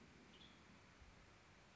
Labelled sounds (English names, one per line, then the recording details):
Western Tanager
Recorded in Sonoma County, California